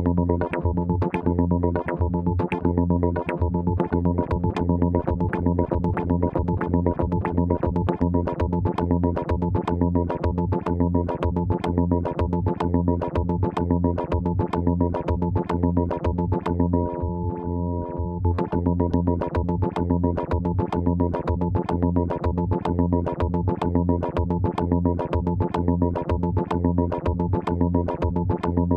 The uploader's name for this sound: Vactrol Drone Tones